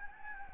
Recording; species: mosquito wingbeat signal from an infrared sensor; Anopheles gambiae